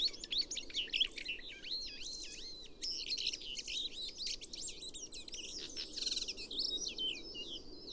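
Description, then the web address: Chestnut-cheeked starling calls: busy twittering of bent, squeaky high notes, continuous with brief louder peaks. "komukudori"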